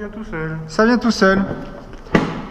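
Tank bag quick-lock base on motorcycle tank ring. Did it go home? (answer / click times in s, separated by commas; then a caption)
yes / 2.2 s. A motorcycle tank bag with a quick-lock base is set back onto its ring on the tank while someone talks. A sharp click at 2.2 s marks it clipping in, and the bag sits firmly without moving.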